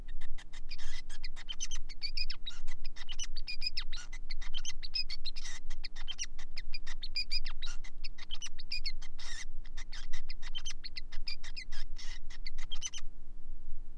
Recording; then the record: song of a male Bengalese finch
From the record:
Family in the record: son of father 5